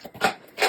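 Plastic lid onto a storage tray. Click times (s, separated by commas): 0.2 s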